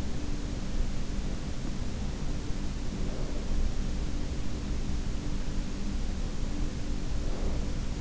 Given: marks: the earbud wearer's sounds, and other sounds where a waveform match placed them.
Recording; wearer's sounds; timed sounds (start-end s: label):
sounds in sleep by an in-ear microphone; breath
0.48-8.01 s: breath